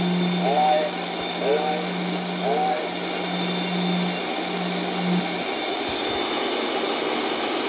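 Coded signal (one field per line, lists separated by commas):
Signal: numbers station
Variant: S06 Russian Man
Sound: three short spoken words, evenly spaced, over a steady low hum and shortwave hiss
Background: radio static, hum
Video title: Sihuadon R-108 - S06 Russian Man 21/07/2023 2100 UTC 8037kHz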